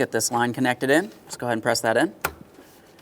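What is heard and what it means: Someone talks while a plastic hose line quick-connect fitting is lined up to be pressed into its intake fitting port near the throttle body of a 2015-2020 Ford F-150 3.5L V6 during a valve cover replacement. A brief sharp handling tap follows the speech, then quiet. The line has not clicked or seated yet.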